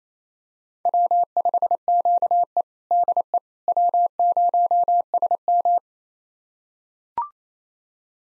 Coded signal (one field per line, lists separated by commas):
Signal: Morse code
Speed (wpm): 28 wpm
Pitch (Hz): 700 Hz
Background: none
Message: W5QE DE W0SM